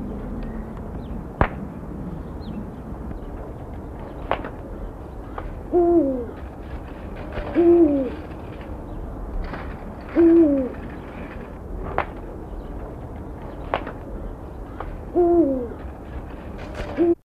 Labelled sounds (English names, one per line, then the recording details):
Eurasian Eagle-owl call
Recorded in captivity
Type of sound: call
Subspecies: hemachalanus
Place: Zoo Heidelberg, Baden-Württemberg, DE
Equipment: Halbspur, 9,5 cm/s
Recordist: Lütgens, Hans
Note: Angeregt bei Volierenreinigung